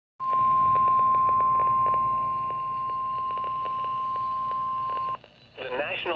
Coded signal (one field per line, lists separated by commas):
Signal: Emergency Alert System (SAME) tones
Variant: 1050 Hz attention tone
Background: speech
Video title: Severe Thunderstorm Warning on KEC-60 (EAS #73)